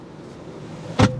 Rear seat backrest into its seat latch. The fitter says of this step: there it will click in there